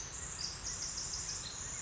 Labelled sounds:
Pacific Wren
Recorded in Sonoma County, California

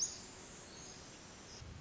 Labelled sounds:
Pacific Wren
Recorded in Sonoma County, California

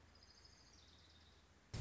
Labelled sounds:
Orange-crowned Warbler
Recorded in Sonoma County, California

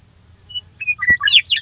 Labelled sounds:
Western Meadowlark
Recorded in Sonoma County, California

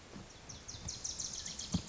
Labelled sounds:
Wilson's Warbler
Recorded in Sonoma County, California

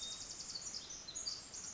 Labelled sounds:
Pacific Wren
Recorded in Sonoma County, California

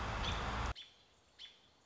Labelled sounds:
American Robin
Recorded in Sonoma County, California

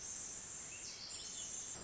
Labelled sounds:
Pacific Wren
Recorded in Sonoma County, California

